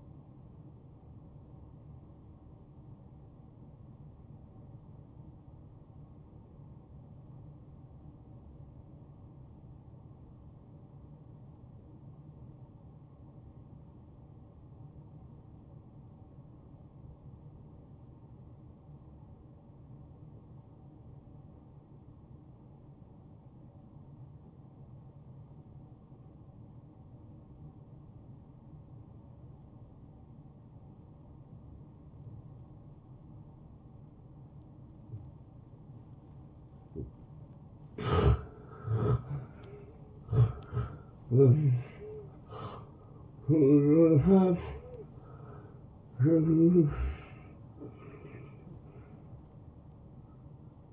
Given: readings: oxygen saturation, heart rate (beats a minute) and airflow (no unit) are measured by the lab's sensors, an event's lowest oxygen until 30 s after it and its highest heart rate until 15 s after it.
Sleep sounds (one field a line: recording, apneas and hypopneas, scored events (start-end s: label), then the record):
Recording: breathing in sleep by a smartphone at the bedside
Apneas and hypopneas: 1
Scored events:
5.00-39.60 s: hypopnea (N1, oxygen 93% highest, then 81% lowest, heart rate 69 at the start, 79 highest)
From the record:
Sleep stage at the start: N1 (lightest sleep)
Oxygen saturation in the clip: 84 to 93%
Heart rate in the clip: 58 to 78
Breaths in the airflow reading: 6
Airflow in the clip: -16.1 to 8.4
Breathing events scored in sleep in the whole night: 263 in 5.5 hours asleep